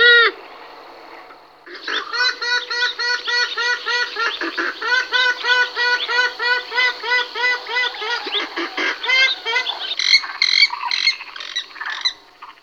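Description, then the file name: Western swamphen calls: a loud, rapid series of nasal, honking notes, about three a second, held steadily for several seconds, with harsher notes at the end. "slípka-modrá"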